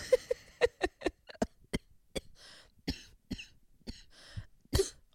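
A rapid run of about a dozen short, harsh coughs from an adult man, mixed with throat clearing, in a small room, the day after a late night of cigar smoking at a cigar bar.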